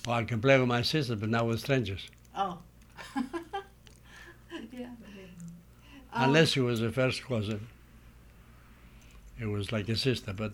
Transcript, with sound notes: I can play with my sisters, but not with strangers.
Oh. ( she laughs ) Yeah.
Unless it was a first cousin, it was like a sister.